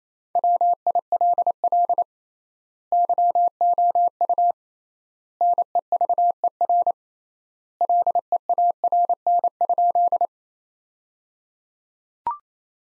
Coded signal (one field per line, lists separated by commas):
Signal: Morse code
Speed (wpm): 28 wpm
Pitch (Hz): 700 Hz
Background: none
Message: WILL YOU NEVER LEARN?